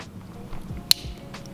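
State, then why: Seated. The steering column's plastic clips on its tabs are pushed into the new mounting spot on a DF Goblin kit car frame. Over a quiet background with a few faint handling noises, one sharp, bright click sounds at 0.9 s as the clip snaps home. The clip is seated.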